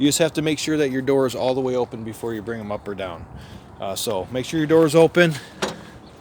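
Someone talks beside the folding metal entry steps of a 2021 Puma 12FBX travel trailer, which are being handled at the door before being lifted up into their stowed position and retaining catch. Only speech is heard, with no sharp hit. Nothing has seated or clicked yet.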